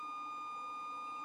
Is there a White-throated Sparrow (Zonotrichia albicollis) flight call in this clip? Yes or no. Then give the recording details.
no. No flight call is heard. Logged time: 00:42 on 26 November 2014